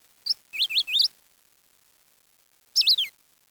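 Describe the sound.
Bird chirps: a short high note, then three quick zigzag chirps, a pause, and one descending chirp; clean, quiet background.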